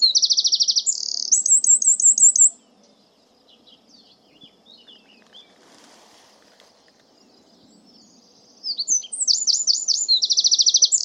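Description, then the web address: Bird song, a fast trill of high buzzy notes followed by a run of descending slurred notes, then a quiet gap before the phrase returns near the end. "Deverinetal 2025 File origin Bird Only"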